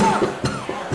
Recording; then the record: coughing mixed with background sound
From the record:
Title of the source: Mid-morning Winter Coughing Fit